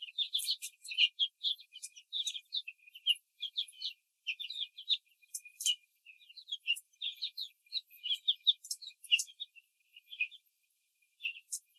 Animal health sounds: young laying hens in a cage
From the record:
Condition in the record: control cage, after the stress test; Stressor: none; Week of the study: 4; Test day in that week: 3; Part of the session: 3

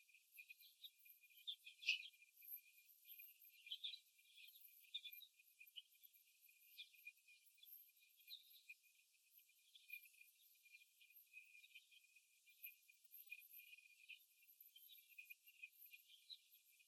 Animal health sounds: young laying hens in a cage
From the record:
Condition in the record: after the stressor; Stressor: simulated dog barking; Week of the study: 1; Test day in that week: 2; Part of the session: 4

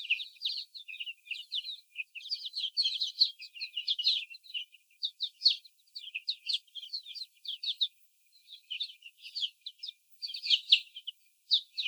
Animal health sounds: young laying hens in a cage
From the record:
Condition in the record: before the stressor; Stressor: sudden umbrella opening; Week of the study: 3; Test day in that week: 2

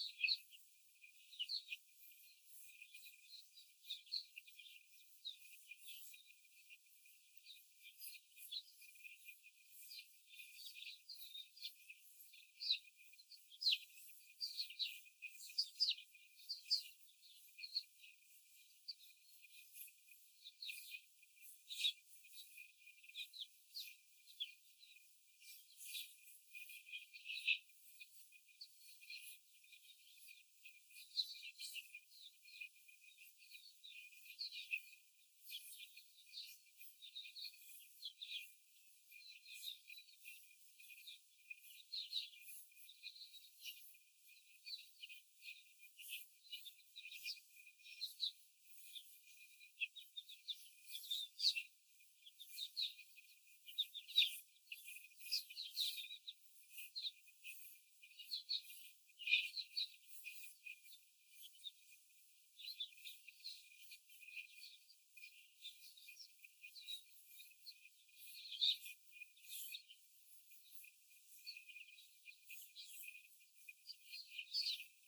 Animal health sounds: young laying hens in a cage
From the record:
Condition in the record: before the stressor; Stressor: simulated dog barking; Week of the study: 4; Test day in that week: 1

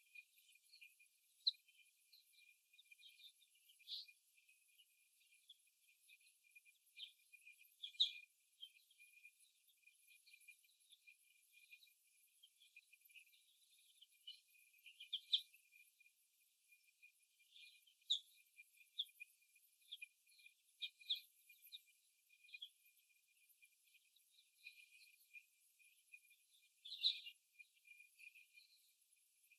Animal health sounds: young laying hens in a cage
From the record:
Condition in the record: after the stressor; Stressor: simulated dog barking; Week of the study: 1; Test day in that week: 1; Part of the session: 4

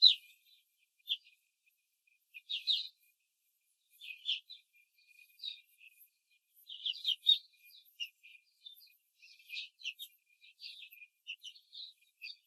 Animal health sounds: young laying hens in a cage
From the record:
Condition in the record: control cage, after the stress test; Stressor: none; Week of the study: 4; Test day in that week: 1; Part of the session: 3

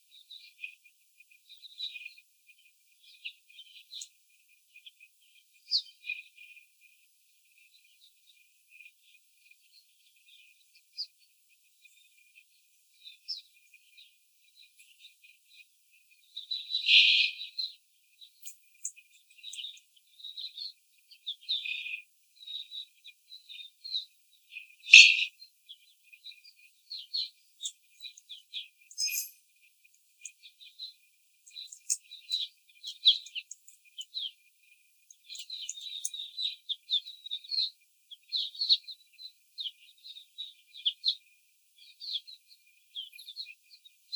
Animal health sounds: young laying hens in a cage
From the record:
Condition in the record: after the stressor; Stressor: simulated dog barking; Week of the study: 4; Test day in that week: 2

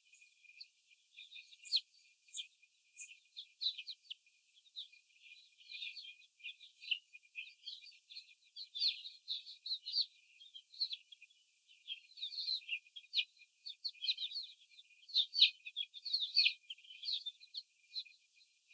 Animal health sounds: young laying hens in a cage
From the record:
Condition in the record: after the stressor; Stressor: simulated dog barking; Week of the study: 4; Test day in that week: 3

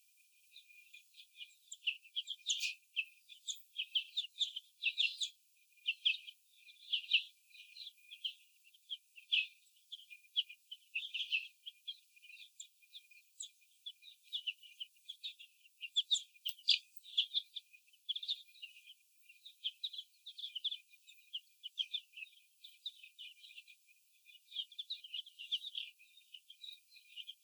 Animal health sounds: young laying hens in a cage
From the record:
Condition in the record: before the stressor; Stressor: sudden umbrella opening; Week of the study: 2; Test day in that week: 1

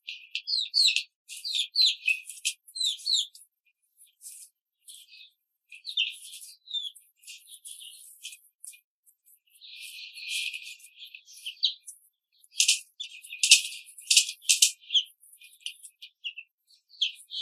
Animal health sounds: young laying hens in a cage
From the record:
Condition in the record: control cage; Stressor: none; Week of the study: 5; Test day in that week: 1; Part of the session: 2

